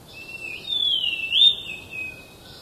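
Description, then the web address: Thrush-like schiffornis song, a single drawn-out whistle that dips, rises sharply, then slides down and fades. Recorded in Ecuador. "Birds of Ecuador. Thrush-Like Schiffornis"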